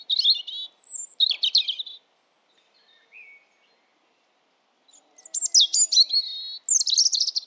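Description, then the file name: European robin song: two bursts of high, jangling, warbled notes separated by about three seconds of near silence with a few faint soft notes. "Erithacus rubecula"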